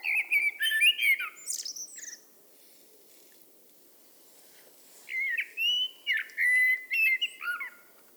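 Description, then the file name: Eurasian blackbird song: a warbled phrase ending in a scratchy high squeal, a pause, then a longer run of sweet fluty notes with faint twitters. "Turdus merula"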